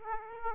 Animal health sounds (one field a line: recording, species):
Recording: mosquito wingbeat signal from an infrared sensor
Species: Aedes aegypti